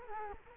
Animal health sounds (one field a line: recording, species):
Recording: mosquito wingbeat signal from an infrared sensor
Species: Culex quinquefasciatus